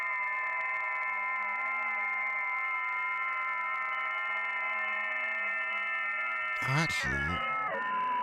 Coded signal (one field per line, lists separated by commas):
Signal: FT8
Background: speech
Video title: Scanning the airwaves with the SDR, hopefully find something interesting.